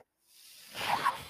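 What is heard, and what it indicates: A soft airy whoosh swelling over about half a second: a home mechanical ventilator delivering a breath.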